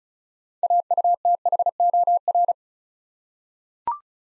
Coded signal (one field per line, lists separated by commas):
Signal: Morse code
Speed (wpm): 36 wpm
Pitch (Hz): 700 Hz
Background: none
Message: AUTHOR